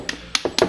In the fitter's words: and it locks in place like that very nice and it is really thick plastic